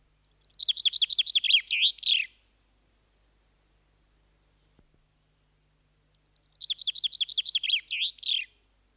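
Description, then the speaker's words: Common chaffinch song: two identical bright phrases of rapid notes, each ending in a flourish, separated by about four seconds of silence. Lively song, a sure sign of spring; fast, open and clear, carrying far. "Varma kevään merkki on peipon pirtiä laulu."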